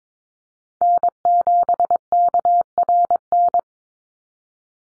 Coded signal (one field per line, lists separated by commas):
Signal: Morse code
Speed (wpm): 22 wpm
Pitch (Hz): 700 Hz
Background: none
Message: N7KRN